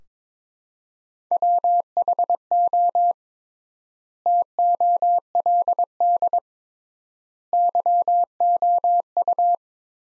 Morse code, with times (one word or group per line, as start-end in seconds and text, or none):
1.3-3.1 WHO
4.3-6.4 TOLD
7.5-9.6 YOU